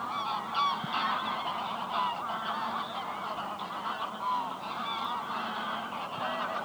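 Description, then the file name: Goose: a large flock of geese honking continuously, overlapping nasal calls forming a dense chorus. Geese resting on the ice at Venhuizen. "Ganzen rusten op het ijs bij het hondenhemeltje in venhuizen - Sound Cloud - De Auditieve Dienst"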